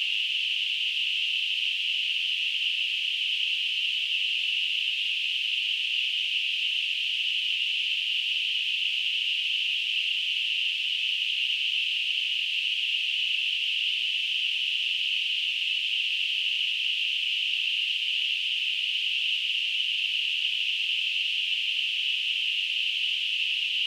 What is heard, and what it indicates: Tinnitus.